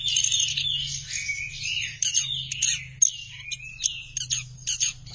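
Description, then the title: Thrush song rich in sliding whistled notes mixed with fast chattery trills, steady and energetic, over a soft low drone. "burung anis x"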